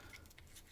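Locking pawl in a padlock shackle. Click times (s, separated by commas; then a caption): 0.4 s. A bypass knife tool is slid down a padlock keyway to hook one locking pawl and pull it out of the shackle notch while the shackle is gently tensioned. Faint scraping and small ticks lead up to a sharp little click at 0.4 s as the pawl releases from the shackle cutaway.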